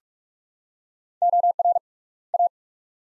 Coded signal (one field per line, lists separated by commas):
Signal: Morse code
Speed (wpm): 44 wpm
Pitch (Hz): 700 Hz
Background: none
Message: OR A